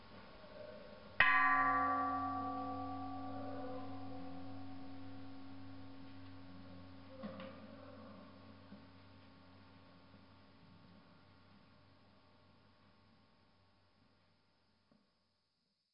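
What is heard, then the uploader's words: A large temple bell is struck once at about one second, and its deep, layered hum rings on, slowly fading over the next thirteen seconds into silence. A faint knock or clatter sounds near seven seconds while the low tones keep sustaining. China - large temple bell. Sounds of a large temple bell being struck in a Buddhist temple on Mt. Emeishan, near Leshan, China.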